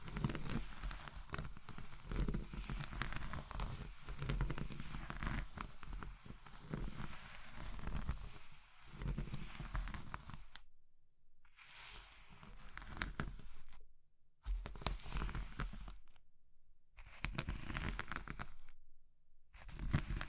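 Crushing of soft, brittle material like soap, chalk and meringue, heard as a dense, gritty crackle. The first half is nearly continuous crumbling; after about ten seconds it breaks into separate bursts of crunching with brief silences between them.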